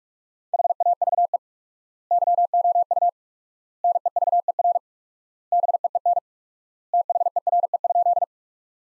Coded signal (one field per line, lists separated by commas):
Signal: Morse code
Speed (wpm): 47 wpm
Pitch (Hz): 700 Hz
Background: none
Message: HAVE YOU NEVER BEEN THERE?